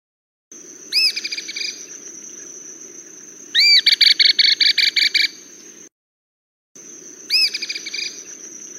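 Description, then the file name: Cliff flycatcher song: sharp, high rising notes opening into a fast series of bright repeated chips, given three times, over a steady high whine and a low rumble, with a brief silent gap. "Canto do gibao de couro"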